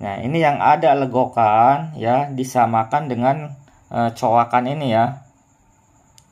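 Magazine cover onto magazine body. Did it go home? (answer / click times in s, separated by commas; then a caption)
yes / 6.2 s. Someone talks while a universal 88 magazine made of dural (sold as jam-proof and dent-resistant) has its cover lined up with the notch on the magazine body and pressed closed. After the talking stops, a short, sharp click at 6.2 s marks the magazine cover snapping shut and seating onto the magazine body.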